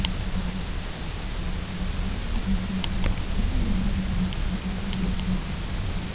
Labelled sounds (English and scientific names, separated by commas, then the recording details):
none
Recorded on Arctic tundra, site UTQI-0, on 22 June 2018
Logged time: 18:00